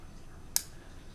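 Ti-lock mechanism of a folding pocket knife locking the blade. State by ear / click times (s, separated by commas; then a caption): seated / 0.6 s. The Ti-Lock mechanism of a folding pocket knife is pinched open, and its lock pin and rollers snap into place. A single sharp, bright click lands at 0.6 s over a quiet background, showing the blade is locked and seated.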